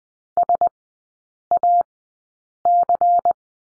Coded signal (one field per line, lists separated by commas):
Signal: Morse code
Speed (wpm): 20 wpm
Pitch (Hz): 700 Hz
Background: none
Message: SAC